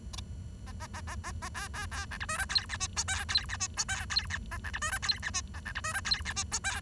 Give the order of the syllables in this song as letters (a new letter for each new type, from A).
A A A A A A B B B C D E F G H I J K G H I J K G H A C D E F G H I A C D E F G H I J K